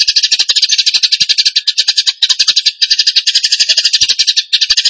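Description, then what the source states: Bird chatter: busy, harsh rapid notes running almost nonstop in a thick high band, broken by short pauses. Masteran training recording for songbirds, tembakan gacor song style.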